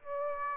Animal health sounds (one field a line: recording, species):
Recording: mosquito wingbeat signal from an infrared sensor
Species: Aedes aegypti